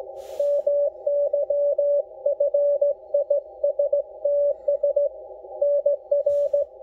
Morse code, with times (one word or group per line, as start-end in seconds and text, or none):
0.4-5.1 MYFISTS
5.6-6.6 NR